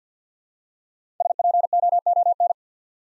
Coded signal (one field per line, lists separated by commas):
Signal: Morse code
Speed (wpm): 47 wpm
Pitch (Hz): 700 Hz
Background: none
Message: SPOON